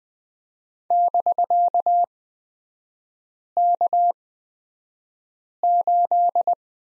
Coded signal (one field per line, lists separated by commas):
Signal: Morse code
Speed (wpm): 20 wpm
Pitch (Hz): 700 Hz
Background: none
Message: <BK>K8